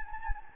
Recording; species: mosquito wingbeat signal from an infrared sensor; Anopheles gambiae